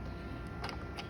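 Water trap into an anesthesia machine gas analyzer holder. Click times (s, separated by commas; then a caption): 0.6 s, 1.0 s. A plastic water trap is pushed back into its holder on an anesthesia machine's gas analyzer. Over a steady background hum, short sharp clicks sound at 0.6 s and 1.0 s as it clicks into place, seated and good to go.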